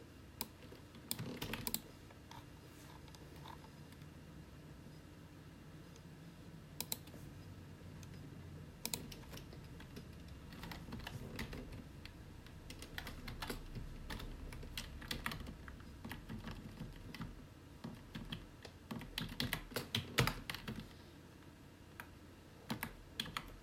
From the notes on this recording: Small room office with gentle typing on keyboard, clicking of the computer mouse, and gentle whirring of personal computer nearby.